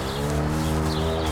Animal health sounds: contact call of a hoofed animal; cattle; low-frequency (closed-mouth) or high-frequency (open-mouth) call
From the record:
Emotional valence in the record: negative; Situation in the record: full separation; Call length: 1.32 s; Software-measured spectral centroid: 3010 Hz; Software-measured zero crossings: 2250 a second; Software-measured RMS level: -24 dBFS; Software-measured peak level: -13 dBFS

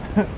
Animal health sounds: contact call of a hoofed animal; goat; low-frequency (closed-mouth) or high-frequency (open-mouth) call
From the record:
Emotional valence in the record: negative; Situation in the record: short social isolation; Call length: 0.38 s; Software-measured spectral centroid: 1240 Hz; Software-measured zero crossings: 1020 a second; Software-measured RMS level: -22 dBFS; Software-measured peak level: -6 dBFS

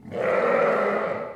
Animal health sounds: contact call of a hoofed animal; sheep; low-frequency (closed-mouth) or high-frequency (open-mouth) call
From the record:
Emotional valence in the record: negative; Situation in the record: short social isolation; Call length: 1.36 s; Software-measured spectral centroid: 1310 Hz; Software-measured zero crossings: 1530 a second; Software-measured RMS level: -23 dBFS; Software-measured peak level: -9 dBFS

